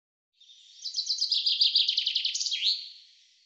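Common chaffinch song, a quick series of bright trilled notes ending in a short flourish, with no other sounds.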